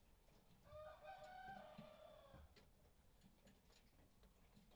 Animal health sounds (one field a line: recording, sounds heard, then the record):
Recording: poultry house recording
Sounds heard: healthy chickens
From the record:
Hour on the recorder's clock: 5